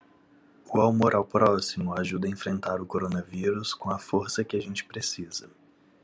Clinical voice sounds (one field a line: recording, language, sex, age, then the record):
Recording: spoken sentence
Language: Brazilian Portuguese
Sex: male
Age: 30 to 39 years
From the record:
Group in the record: control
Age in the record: 34 years